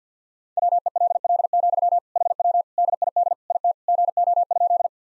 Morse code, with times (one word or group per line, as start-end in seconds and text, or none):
0.6-2.0 WELL,
2.2-2.6 HW
2.8-3.3 DID
3.5-3.7 IT
3.9-4.9 GO?